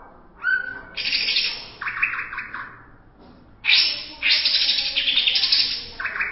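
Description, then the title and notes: Greater green leafbird song in two bouts: a brief whistle, then long harsh, buzzy bursts and stuttering chatter. Champion bird; song described as kicau. "Kicau Burung Cucak Ijo Juara. Suara kicauan burung cucak ijo"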